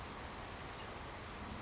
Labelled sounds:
Savannah Sparrow (Passerculus sandwichensis)
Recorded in Sonoma County, California

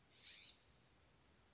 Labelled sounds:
California Scrub-Jay (Aphelocoma californica)
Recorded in Sonoma County, California

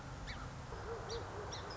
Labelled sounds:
Song Sparrow (Melospiza melodia)
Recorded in Sonoma County, California

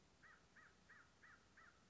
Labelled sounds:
American Crow (Corvus brachyrhynchos)
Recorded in Sonoma County, California

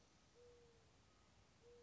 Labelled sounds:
Mourning Dove (Zenaida macroura)
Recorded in Sonoma County, California

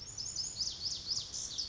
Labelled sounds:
Lazuli Bunting (Passerina amoena)
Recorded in Sonoma County, California

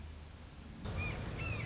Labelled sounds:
Red-shouldered Hawk (Buteo lineatus)
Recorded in Sonoma County, California

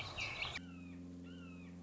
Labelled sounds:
Red-shouldered Hawk (Buteo lineatus)
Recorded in Sonoma County, California

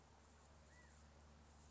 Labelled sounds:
California Quail (Callipepla californica)
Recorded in Sonoma County, California

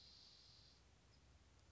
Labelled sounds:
Spotted Towhee (Pipilo maculatus)
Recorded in Sonoma County, California

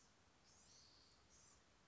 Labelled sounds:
Blue-gray Gnatcatcher (Polioptila caerulea)
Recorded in Sonoma County, California

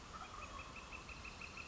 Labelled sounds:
Northern Flicker (Colaptes auratus)
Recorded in Sonoma County, California

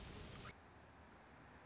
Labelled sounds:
Anna's Hummingbird (Calypte anna)
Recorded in Sonoma County, California

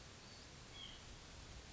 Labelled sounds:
White-breasted Nuthatch (Sitta carolinensis)
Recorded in Sonoma County, California

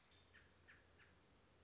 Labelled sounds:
American Robin (Turdus migratorius)
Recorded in Sonoma County, California

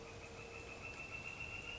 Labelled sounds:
Northern Flicker (Colaptes auratus)
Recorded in Sonoma County, California

